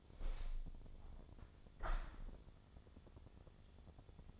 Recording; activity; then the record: daily activity, microphone in the room; open window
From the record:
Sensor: 5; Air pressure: 1000.6 hPa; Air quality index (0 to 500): 152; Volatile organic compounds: 2 ppm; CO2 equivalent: 1162 ppm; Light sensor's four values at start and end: 40/94/39/42 and 40/94/39/42